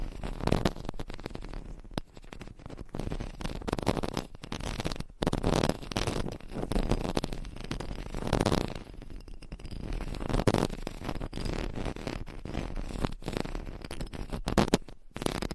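Scratching and rubbing go on without a break: dense, rasping strokes swell and fade every couple of seconds, each pass gritty and full from low rumble to bright hiss. A few sharp taps cut through near the start, middle and end.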